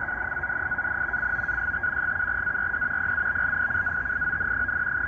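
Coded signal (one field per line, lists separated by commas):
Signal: NAVTEX (SITOR-B)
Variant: 100 baud SITOR-B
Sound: continuous fast chirping warble alternating between two close tones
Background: radio static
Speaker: it is decoding this uh he called with nunavut marine weather navtex broadcast quite well right now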